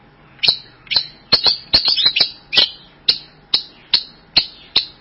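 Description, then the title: Bird giving sharp, high chirps, some doubled, repeated roughly twice a second in a steady series. "burung online"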